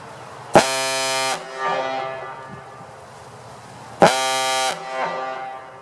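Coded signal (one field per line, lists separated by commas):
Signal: siren signal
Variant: Gamewell diaphone horn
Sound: two loud buzzy low horn blasts, each under a second, echoing off buildings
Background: outdoor echo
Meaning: Test blasts of a firehouse alarm horn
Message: 2 short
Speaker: I put the original piston back in I got a couple more blasts maybe so let me fire it off and empty this tank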